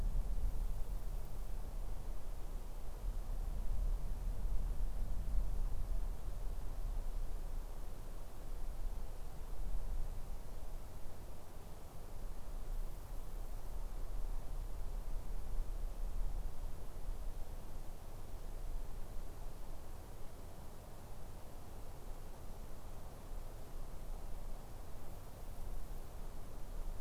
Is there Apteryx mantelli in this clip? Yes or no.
no